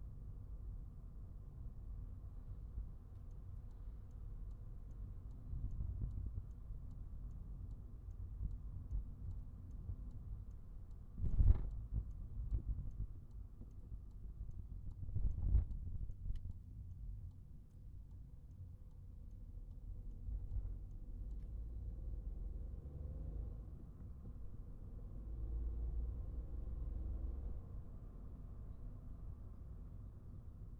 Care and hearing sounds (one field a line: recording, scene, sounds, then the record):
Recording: everyday scene through a hearing-aid microphone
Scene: in a vehicle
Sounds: engine, highway traffic jam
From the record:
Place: Skoda Fabia, gasoline engine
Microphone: behind the ear, right, rear